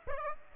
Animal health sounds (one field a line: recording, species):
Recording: mosquito wingbeat signal from an infrared sensor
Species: Aedes aegypti